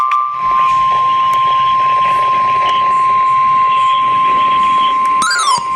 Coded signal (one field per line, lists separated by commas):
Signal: Emergency Alert System (SAME) tones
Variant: 1050 Hz attention tone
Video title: A "SLIGHT"LY Crazy Day. | EAS Alerts from 5/27/24 | EAS#646-668